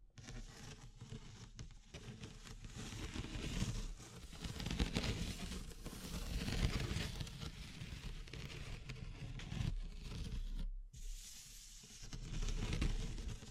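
Dense rustling and scraping of wood, bamboo and straw continues steadily, with louder swells around five and twelve seconds and a brief drop near eleven.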